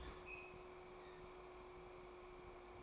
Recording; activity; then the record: daily activity, microphone in the room; open fridge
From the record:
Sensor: 1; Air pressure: 1004.6 hPa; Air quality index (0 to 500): 193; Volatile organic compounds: 16 ppm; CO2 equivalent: 2551 ppm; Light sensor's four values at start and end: 4/11/4/4 and 4/10/4/4